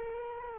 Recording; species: mosquito wingbeat signal from an infrared sensor; Culex quinquefasciatus